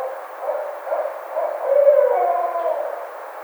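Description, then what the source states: Barred owl hooting, a series of low wavering hoots rising into a louder, drawn-out note near the middle, with faint background hiss. Recorded 2009-05-07.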